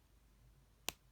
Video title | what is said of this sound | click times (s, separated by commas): Power Rangers Lightning Collection Wave 6 - Zeo Red, In Space Yellow & MMPR Black Rangers Review | you can hear like an audible snap | 0.9 s